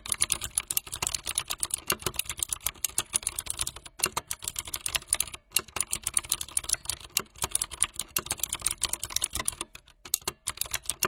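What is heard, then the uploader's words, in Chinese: Keyboard typing, crisp, with rapid uneven keystrokes clattering throughout and a few brief pauses around four, five and ten seconds. 键盘音。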